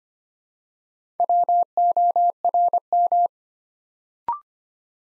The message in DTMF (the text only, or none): none